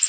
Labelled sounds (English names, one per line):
Worm-eating Warbler flight call